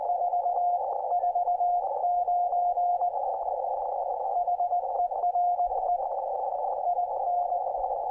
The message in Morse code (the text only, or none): 449 HERE IN